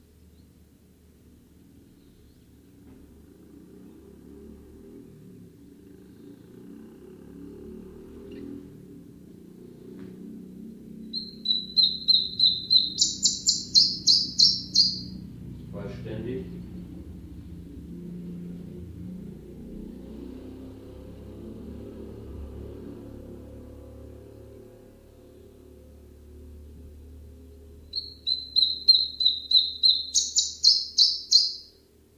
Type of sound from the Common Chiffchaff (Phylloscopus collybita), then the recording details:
song. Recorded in captivity. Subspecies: collybita. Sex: male. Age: adult. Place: Zoologisches Institut Universität Tübingen, Baden-Württemberg, DE. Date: 1965-05-17. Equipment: Nagra III PH, kleiner englischer Parabolspiegel, LGS26. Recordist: Schneider, Hans-Joachim. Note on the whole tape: In einem separaten Raum. Männchen blau/grün - gelb/rot, geschlüpft am 15.05.1964 auf der Lichtenberger Höhe. MaAs: E.B